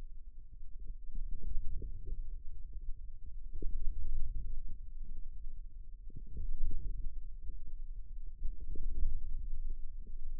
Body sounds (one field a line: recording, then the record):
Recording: forearm muscle sounds (acoustic myography)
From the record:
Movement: radial deviation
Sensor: system 2, bracelet of six BSWA MPA416 microphones around the upper forearm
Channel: 5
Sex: male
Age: 22 years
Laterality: right